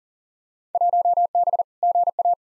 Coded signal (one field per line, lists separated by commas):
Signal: Morse code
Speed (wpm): 40 wpm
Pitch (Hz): 700 Hz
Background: none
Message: 1B GA